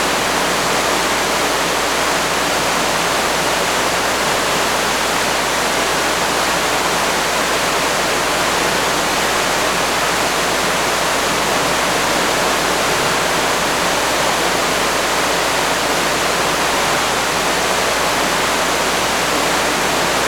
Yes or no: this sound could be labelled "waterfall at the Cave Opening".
yes